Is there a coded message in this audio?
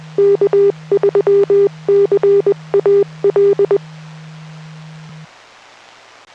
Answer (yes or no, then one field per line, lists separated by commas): yes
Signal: Morse code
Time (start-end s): 0.2-3.8 s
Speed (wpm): 20 wpm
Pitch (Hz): 400 Hz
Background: none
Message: K3CAL